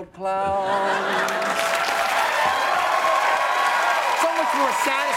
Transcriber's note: applause